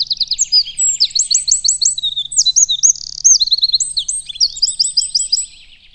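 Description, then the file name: Eurasian wren song: a loud, continuous stream of very high, fast trills and sharp chipping notes lasting about five seconds, then falling silent. "Troglodytes troglodytes"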